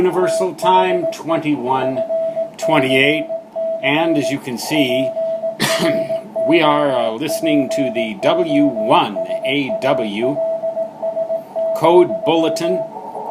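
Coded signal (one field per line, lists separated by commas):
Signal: Morse code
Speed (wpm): 18 wpm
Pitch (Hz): 660 Hz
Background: speech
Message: THE FCC PROPOSALS,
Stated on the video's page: Band watch on 14 to 50 MHz with so-so conditions and a surprise on 24 MHz.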